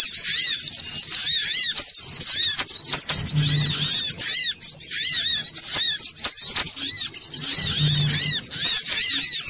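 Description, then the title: Little spiderhunter song: unbroken high-pitched chattering with rapid repeated squeaky notes throughout, plus a faint low hum appearing twice. Bird-training (masteran) song. "Masteran Burung Sogok Ontong Labaik"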